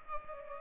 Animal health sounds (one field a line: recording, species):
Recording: mosquito wingbeat signal from an infrared sensor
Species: Culex pipiens